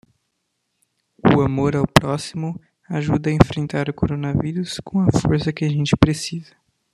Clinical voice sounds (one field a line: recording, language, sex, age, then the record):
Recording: spoken sentence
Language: Brazilian Portuguese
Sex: male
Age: 18 to 19 years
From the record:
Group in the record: control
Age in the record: 19 years